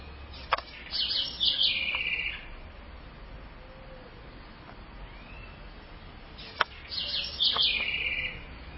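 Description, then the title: Southern house wren singing two rapid, jumbled phrases of high twittering notes with a trilled finish, several seconds apart, with a few sharp clicks. "cURRUIRA"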